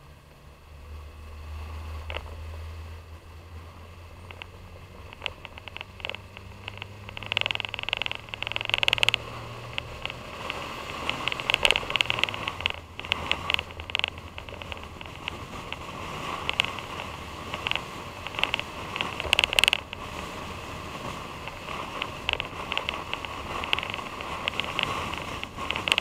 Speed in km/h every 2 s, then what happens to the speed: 31, 31, 34, 40, 45, 48, 52, 53, 55, 56, 56, 55, 52.
0-17 speeds up to 56. 17-26 steady at about 55.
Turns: none.